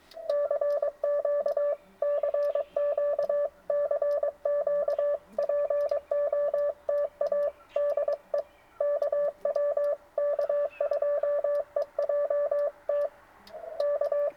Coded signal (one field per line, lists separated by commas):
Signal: Morse code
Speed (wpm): 22 wpm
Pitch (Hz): 580 Hz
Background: none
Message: CQ CQ CQ POTA DE KW K2EJT K